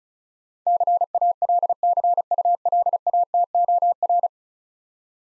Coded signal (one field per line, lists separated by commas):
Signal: Morse code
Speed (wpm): 36 wpm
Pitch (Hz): 700 Hz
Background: none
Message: CALCULATOR